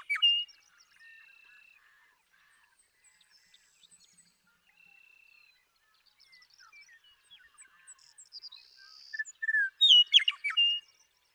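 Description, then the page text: Western meadowlark: a loud note at the start, then quiet thin whistles and chips for several seconds, then a loud, complex song phrase of tumbling, flute-like slurred notes near the end. Male western meadowlark in Sierra Valley, eastern California, 2018. "Birdsong for the Curious Naturalist. The joy of western meadowlark songs. Want to explore these western meadowlarks some more? Come along with me to Sierra Valley in eastern California where, during 2018, I just couldn't get enough of them"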